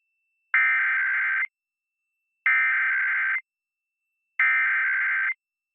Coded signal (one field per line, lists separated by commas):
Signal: Emergency Alert System (SAME) tones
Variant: header bursts